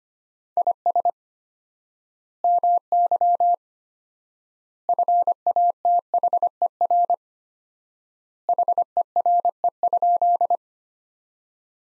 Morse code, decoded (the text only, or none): IS MY FATHER HERE?